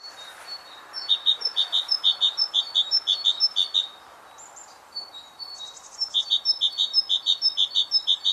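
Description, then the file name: Great tit: two bouts of quick, ringing see-saw notes, paired and rhythmically repeated, separated by a short lull with a few soft high notes. "Parus major"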